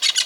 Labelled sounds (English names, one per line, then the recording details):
Brown-throated Parakeet contact call
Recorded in Venezuela
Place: Guárico; Corozopando; Fundo La Fe
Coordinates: 8.506, -67.593